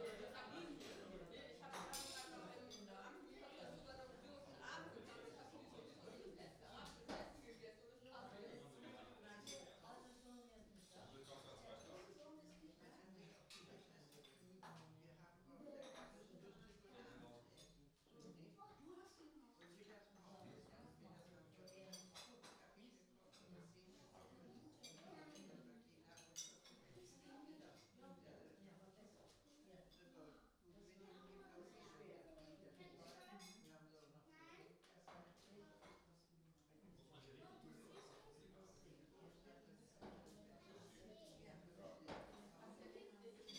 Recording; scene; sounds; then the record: everyday scene through a hearing-aid microphone; many people talking; many voices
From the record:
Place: parish hall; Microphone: in the ear canal, right